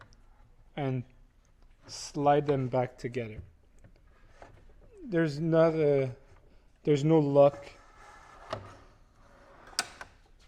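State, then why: Seated. Someone talks while the two halves of a metal drawer slide on a Vanpackers Simple Kit camper drawer are lined up and slid back together, with a soft sliding rasp and a light tap at about 8.5 s. A sharp click at 9.8 s marks the inner rail latching into the outer rail, and the slide is seated.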